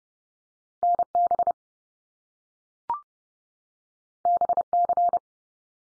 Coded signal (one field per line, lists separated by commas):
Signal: Morse code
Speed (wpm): 30 wpm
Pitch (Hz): 700 Hz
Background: none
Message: NB BC